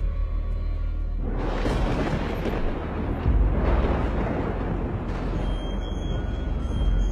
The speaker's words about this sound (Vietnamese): Ngoài trời nổi lên tiếng sấm đùng đoàng vang vọng cả bốn phương.